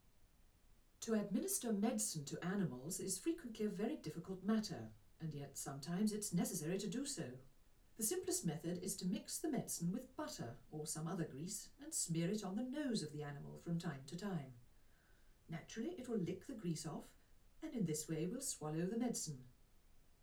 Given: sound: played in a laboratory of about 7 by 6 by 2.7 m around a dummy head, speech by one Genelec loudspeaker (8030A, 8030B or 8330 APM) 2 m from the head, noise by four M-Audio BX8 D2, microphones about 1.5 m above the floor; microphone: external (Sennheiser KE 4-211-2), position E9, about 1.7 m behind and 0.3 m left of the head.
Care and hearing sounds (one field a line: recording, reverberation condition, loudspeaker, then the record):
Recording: female speech in English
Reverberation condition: low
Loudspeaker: 30 degrees to the right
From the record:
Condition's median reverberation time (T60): about 310 ms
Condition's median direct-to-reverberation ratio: about 3.5 dB